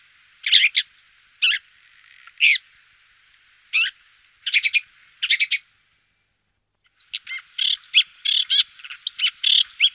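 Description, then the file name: Woodchat shrike song: separate scratchy chatter bursts about once a second, then a short silence and a denser run of squeaky, grating notes. "ťuhýk rudohlavý"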